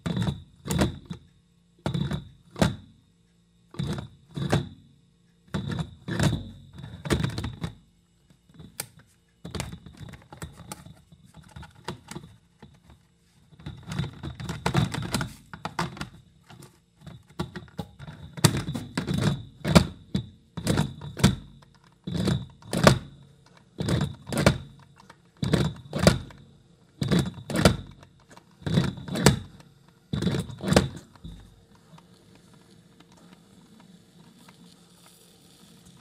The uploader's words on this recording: Brewing.